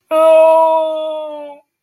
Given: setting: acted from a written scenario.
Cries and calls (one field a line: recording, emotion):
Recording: vocal sound without words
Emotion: fear